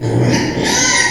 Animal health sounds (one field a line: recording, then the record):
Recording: squeal of a Yucatan mini pig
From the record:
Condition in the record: before surgery on the right vocal fold (resection and tissue-engineered implant)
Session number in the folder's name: 2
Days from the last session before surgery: 0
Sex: male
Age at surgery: 12 weeks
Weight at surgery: 13 kg